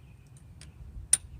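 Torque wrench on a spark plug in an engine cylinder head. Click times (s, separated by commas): 1.1 s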